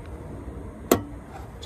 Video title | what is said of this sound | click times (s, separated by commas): Headlight GMC Terrain | make sure you hear that click just | 0.9 s